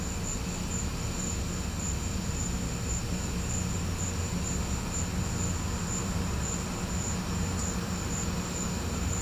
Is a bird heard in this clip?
no